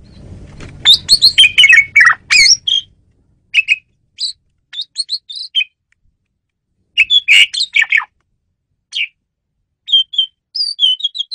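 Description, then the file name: Asian pied starling calls, a loud tumbling chatter over a faint low rumble at first, then scattered whistled and squeaky notes. Female bird, used as a lure (pemikat) bird. "jalak suren betina pemikat"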